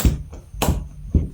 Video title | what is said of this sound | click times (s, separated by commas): รีวิว! MASARUเครื่องตัดหญ้าไร้สาย9นิ้ว รุ่นSCM-520N ตัดได้ทั้งงานบ้านงานสวน | นะครับก็เข้าล็อคเรียบร้อยเสร็จแล้วก็ทำการบิดตัวล็อคก้านตัดด้านนอกอีกทีนึงนะครับให้แน่น | 0.0 s, 0.6 s